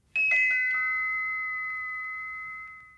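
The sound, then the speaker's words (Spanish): Tinkling little bells, presented as the bells of Tinker Bell, Peter Pan's fairy, strike four times in quick succession, then their bright, high chiming tones ring on and fade slowly over a few seconds, with no voices. They are the page-turn cue in a Disney read-along record of Lady and the Tramp. “Ustedes pueden leer en su libro junto conmigo, y sabrán que hay que dar vuelta a la página cuando escuchen a Campanita, el hada de Peter Pan, tocar sus campanitas así.”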